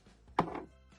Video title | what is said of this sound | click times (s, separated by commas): Making your own buttons - Bees Designs | pressure till you hear the slight click. | 0.4 s